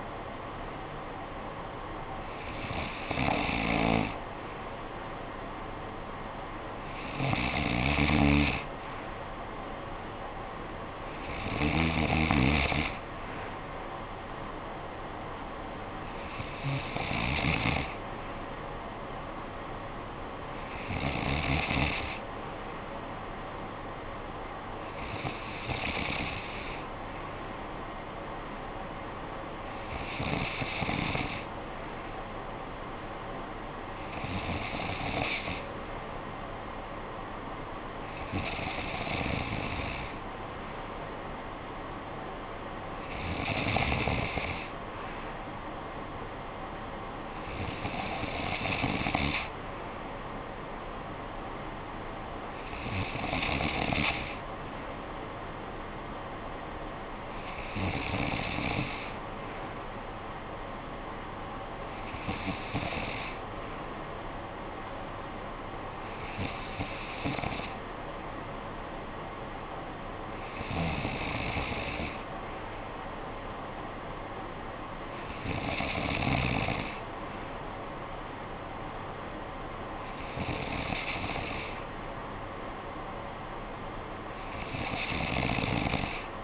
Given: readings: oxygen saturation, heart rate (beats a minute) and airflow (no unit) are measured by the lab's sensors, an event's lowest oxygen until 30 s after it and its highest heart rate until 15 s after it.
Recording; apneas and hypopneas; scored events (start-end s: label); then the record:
breathing in sleep by a voice recorder at the bedside; none
48.00-86.44 s: new sleep stage, N3 (deep sleep)
From the record:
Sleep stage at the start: N2 (light sleep); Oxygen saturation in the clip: 93 to 95%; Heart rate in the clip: 55 to 62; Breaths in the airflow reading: 18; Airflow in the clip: -9.8 to 6.2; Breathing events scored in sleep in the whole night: 445 in 7.6 hours asleep